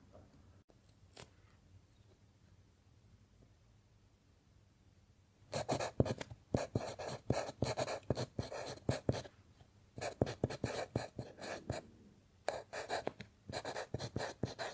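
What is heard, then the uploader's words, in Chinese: A pencil writing on paper, with a quiet stretch for the first five seconds holding only faint low hum and a few soft taps. Then dense, scratchy strokes come in quick bursts, pausing briefly near ten and twelve seconds before resuming. 铅笔写字沙沙声。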